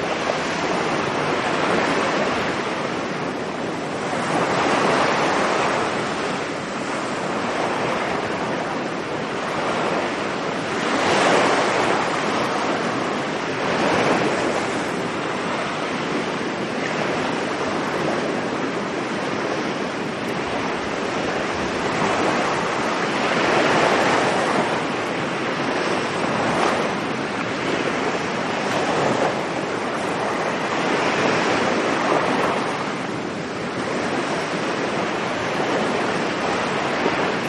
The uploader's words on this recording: Tropical Vibes Relaxing Beach Sounds. The tranquil sounds of the ocean. Uninterrupted waves and beach sounds.